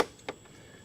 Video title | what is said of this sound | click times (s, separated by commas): My Cheap 2012 BMW X5 Diesel Had a $2000 Problem! Can we fix it for $250? | You won't hear that click, though. | 0.3 s